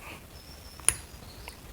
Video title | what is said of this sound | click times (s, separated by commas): Planning more stops in the Bay area. Still hammering away at the S60R, angle gear reseal, turbo, etc | Clicked right in. Good to go. | 0.9 s